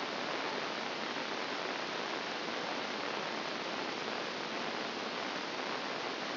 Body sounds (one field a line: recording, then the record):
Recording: brain microelectrode recording played as sound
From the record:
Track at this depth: inside the subthalamic nucleus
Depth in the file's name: 1.437 mm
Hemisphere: left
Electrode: 2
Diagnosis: Parkinson's disease